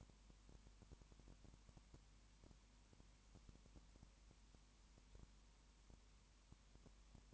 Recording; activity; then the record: daily activity, microphone in the room; no activity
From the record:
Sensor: 1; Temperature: 19.7 degrees Celsius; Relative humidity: 40.5%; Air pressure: 1010.6 hPa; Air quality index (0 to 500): 209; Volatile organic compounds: 56 ppm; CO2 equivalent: 3373 ppm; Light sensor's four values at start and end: 1/2/1/1 and 1/2/1/1